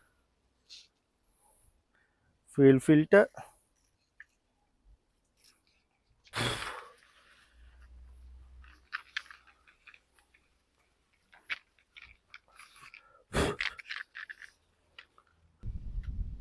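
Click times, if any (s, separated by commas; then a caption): none. A fuel line quick connector is handled at the nipple of an inline fuel filter during fuel filter installation on a Ford, with someone talking over scraping, rustling and brief sharp ticks near 9.0 and 13.6 seconds. The connector has not yet seated or clicked home by the end of the clip.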